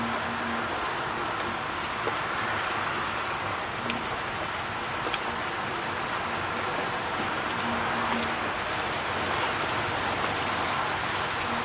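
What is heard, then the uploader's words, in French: Steady rain falls over a small village, a dense, even hiss that holds the same level for the whole stretch. A faint low hum drifts in and out in the background, and a few sharper drips or taps stand out around the second, fourth and eighth seconds. Pluie apaisante en Mayenne. Un son réel de pluie en Mayenne dans un petit village.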